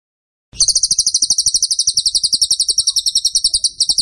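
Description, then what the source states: Bird singing a long, steady, high buzzy trill, the quick notes repeated evenly for over three seconds with a slight dip near the end. Masteran (song-training) recording of a bird described as gacor (singing vigorously) with tembakan (rapid bursts) style.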